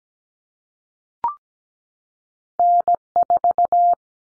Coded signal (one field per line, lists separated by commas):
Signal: Morse code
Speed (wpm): 17 wpm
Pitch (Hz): 700 Hz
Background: none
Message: N4